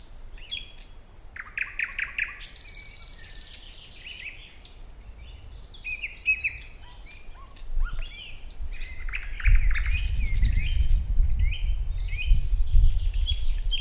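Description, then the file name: Thrush nightingale: songbird song of clicks, buzzy trills and whistled phrases, varied and almost unbroken, while a deep rumbling noise grows louder in the second half. "Naktergal"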